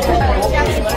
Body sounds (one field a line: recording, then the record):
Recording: background sound without coughing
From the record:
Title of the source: Nightlife Party Simulating Party Club Noise 1 Hour